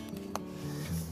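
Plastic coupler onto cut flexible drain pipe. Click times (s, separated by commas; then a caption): 0.4 s. A plastic coupler is fitted onto the cut end of a flexible plastic downspout drain pipe by pulling the pipe through with a finger. A short sharp click sounds at 0.4 s over a low steady hum, with a softer knock just before it, and the coupler is seated on the pipe.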